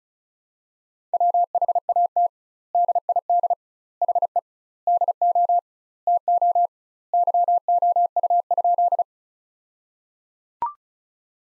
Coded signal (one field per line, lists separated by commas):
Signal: Morse code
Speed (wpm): 35 wpm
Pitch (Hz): 700 Hz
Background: none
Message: WHAT DID HE DO TO YOU?